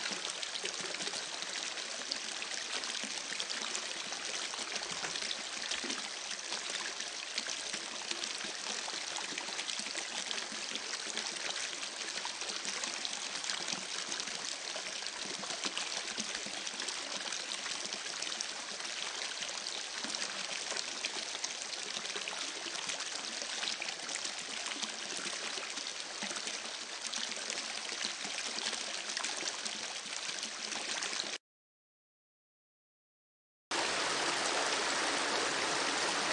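Water runs steadily in a dense, bright hiss and trickle, like a stream or pouring flow, with little change in level. Around 31 seconds the sound cuts out completely for about two seconds, then returns slightly brighter and thinner until the end.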